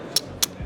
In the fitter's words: nice that magnet is like no other snaps beautifully the sound ASMR baby